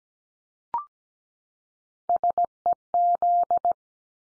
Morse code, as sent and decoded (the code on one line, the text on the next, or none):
... . --..
SEZ